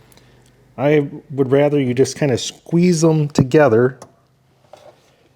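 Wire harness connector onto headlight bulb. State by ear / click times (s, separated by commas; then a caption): seated / 4.7 s. A wire harness connector is squeezed together onto the base of a low beam headlight bulb on a Colorado or Canyon. Someone talks, and after a pause a single sharp click is heard at 4.7 s as the connector locks into place.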